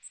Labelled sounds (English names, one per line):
Magnolia Warbler flight call